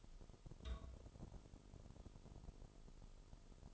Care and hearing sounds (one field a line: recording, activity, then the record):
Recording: daily activity, microphone in the room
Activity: take from stove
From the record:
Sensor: 5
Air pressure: 988.4 hPa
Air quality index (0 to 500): 206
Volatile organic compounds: 86 ppm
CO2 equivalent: 3656 ppm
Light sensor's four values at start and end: 48/140/55/60 and 48/141/55/60